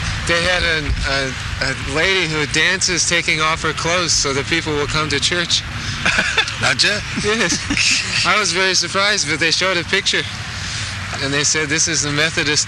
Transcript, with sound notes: They had a lady who dances, taking off her clothes, so the people will come to church. [laughter]
Ācchā?
Yes. I was very surprised, but they showed a picture. And they said this is a Methodist...